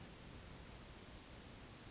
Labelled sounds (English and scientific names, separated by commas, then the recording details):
Western Flycatcher (Empidonax difficilis)
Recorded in Sonoma County, California